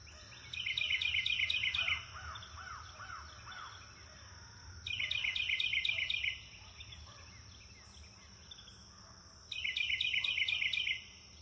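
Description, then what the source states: Bird chirping: three bursts of rapid high twittering, each lasting over a second and spaced a few seconds apart, with softer lower chirps between, over a constant high hiss. Nature ambience recorded in a wood near a river, with birds chirping.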